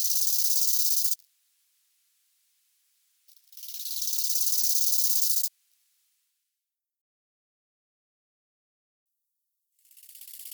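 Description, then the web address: Bow-winged grasshopper song of rasping high-pitched bursts up to about two seconds long, the later ones swelling in loudness, separated by silent gaps, with another phrase starting at the end. "heuschrecken audio nachtigallgrashüpfer"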